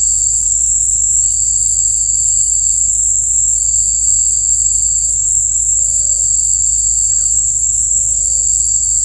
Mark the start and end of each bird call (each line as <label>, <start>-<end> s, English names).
Pale-vented Pigeon, 5.70-6.29 s
Pale-vented Pigeon, 7.85-8.49 s